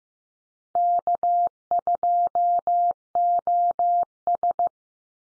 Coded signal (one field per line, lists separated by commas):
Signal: Morse code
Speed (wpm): 15 wpm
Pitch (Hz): 700 Hz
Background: none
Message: K2OS